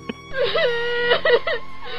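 A woman lying on the floor cries in wavering, high-pitched wails that rise and fall, then breaks into a few shorter sobbing bursts before trailing off into a quieter whimper.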